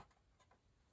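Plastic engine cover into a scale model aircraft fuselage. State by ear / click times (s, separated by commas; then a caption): not seated / none. A separately painted engine cover from a 1/32 Trumpeter MiG-29SMT plastic scale model jet is handled and pressed toward the fuselage, making a few faint, light plastic ticks at about 0.1, 0.4 and 0.5 seconds over a quiet background. The cover has not seated or clicked into place yet.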